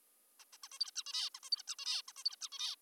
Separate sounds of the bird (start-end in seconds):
0.40-0.44, 0.53-0.58, 0.64-0.68, 0.72-0.79, 0.80-0.91, 0.96-1.03, 1.06-1.30, 1.35-1.40, 1.43-1.50, 1.52-1.63, 1.68-1.75, 1.79-2.02, 2.08-2.13, 2.17-2.24, 2.25-2.36, 2.41-2.49, 2.52-2.75